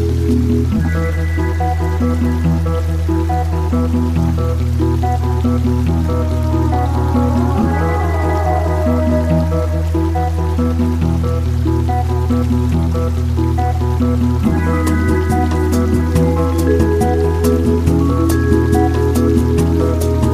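A jungle stream flows steadily and densely with a deep low rumble, sustained tones, and sharp drips and clicks after fifteen seconds.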